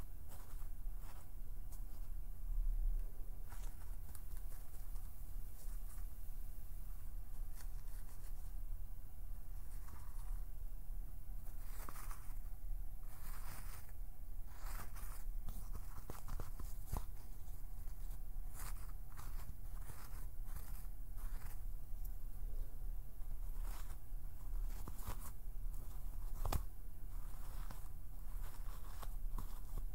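Plucking, pinching and finger fluttering make a run of small, quick, crisp clicks and scratchy flutters, clustering most densely around the middle. A steady low rumble and faint constant hiss run underneath throughout, with the overall level staying even.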